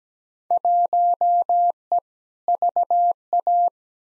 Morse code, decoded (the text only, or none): 1E VA